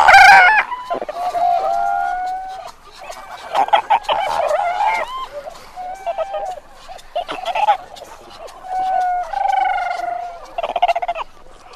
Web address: an antarctic fur seal